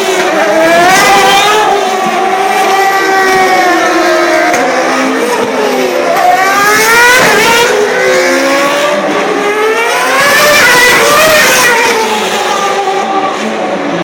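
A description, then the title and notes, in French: Formula One cars on a warm-up lap at Monaco wail continuously, their engine pitches rising and falling in overlapping sweeps as several pass. Tour de chauffe des f1 Monaco.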